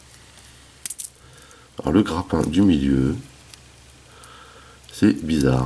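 Someone handles the middle plastic grapple of a Mechanical Team MT-02 robot toy, pushing it onto the figure with a sharp plastic clatter near 0.9 s, a few faint ticks, and someone talking. Nothing has seated or clicked into place yet.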